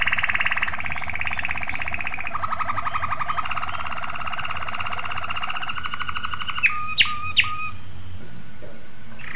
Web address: sounds canary canary-sound